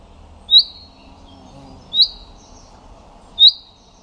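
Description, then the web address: Common chaffinch calls: three short, bright metallic notes about 1.5 seconds apart. "birddata Deverinetal 2025 Bird Only Fr Co"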